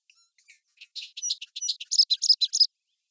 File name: bobolink